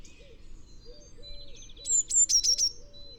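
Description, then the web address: Eurasian blue tit song: after soft scattered notes, one sharp high phrase comes near the end, two thin slurred notes running into a fast bright trill. "SETE Cyanistes caeruleus"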